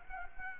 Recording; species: mosquito wingbeat signal from an infrared sensor; Culex quinquefasciatus